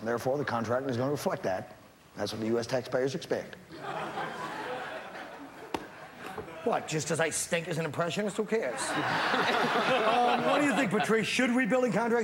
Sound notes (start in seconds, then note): 3.7 soundbite of laughter; 8.7 soundbite of laughter